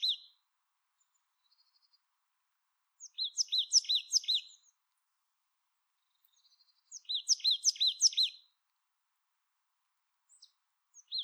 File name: Poecile palustris